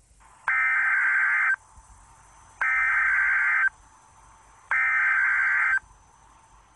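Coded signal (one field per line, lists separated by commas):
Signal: Emergency Alert System (SAME) tones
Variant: header bursts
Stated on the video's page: Real EAS shelter-in-place warning tones for a refinery fire.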